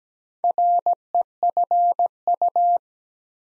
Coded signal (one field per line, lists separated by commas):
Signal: Morse code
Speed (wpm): 17 wpm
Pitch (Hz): 700 Hz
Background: none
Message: REFU